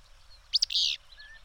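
Bird call: two sharp high ticks followed by a harsh, buzzy burst lasting about a third of a second, with faint chirping behind.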